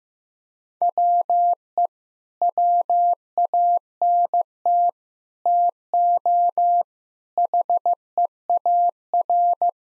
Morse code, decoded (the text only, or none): WE WANT TO HEAR